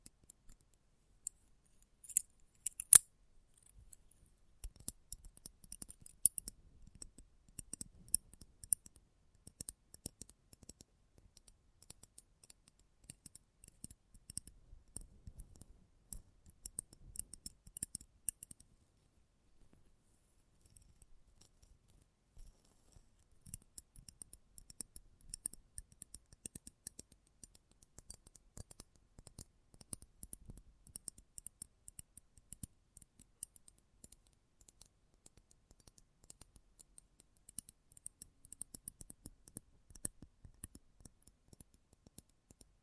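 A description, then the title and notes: Close-up metallic sounds: small, bright clicks and snips, like scissor blades working, come in irregular bursts with faint low taps underneath. The sharpest clicks land in the first few seconds; activity pauses briefly around the twenty-second mark, then resumes at a softer, steady pace. ASMR Close Up Metallic Sounds (No Talking).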